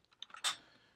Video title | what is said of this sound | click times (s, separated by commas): Hatsan Hercules .30 cal Airgun Review - Shot count + Accuracy + Energy = Amazing Airgun | what I like to do is rotate it. Make sure you get that click sound. | 0.2 s